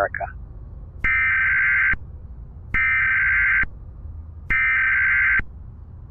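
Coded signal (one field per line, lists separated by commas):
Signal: Emergency Alert System (SAME) tones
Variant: header bursts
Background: speech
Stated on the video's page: Fictional zombie apocalypse EAS scenario on radio.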